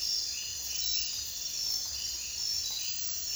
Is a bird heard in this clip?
no